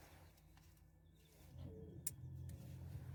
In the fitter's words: I hope you've heard the little click there. of the plug connecting.